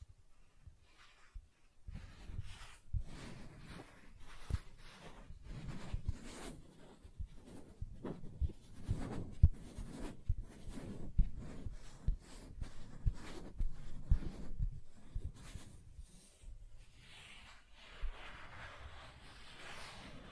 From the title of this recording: Soft Tracing on Smooth and Rough Surfaces